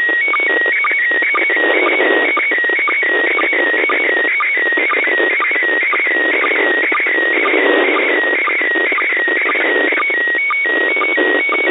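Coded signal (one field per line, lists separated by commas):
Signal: SSTV (slow-scan television)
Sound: warbling, chirping tone with regular short low blips, under steady hiss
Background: radio static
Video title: [International Space Station] Receiving & Decoding an SSTV Image (June 2021 Event); 10. June 2021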